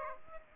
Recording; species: mosquito wingbeat signal from an infrared sensor; Aedes aegypti